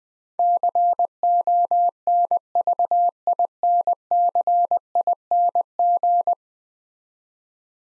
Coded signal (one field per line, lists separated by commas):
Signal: Morse code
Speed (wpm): 20 wpm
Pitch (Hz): 700 Hz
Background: none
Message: CONVINCING